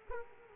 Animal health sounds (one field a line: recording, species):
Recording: mosquito wingbeat signal from an infrared sensor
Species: Culex quinquefasciatus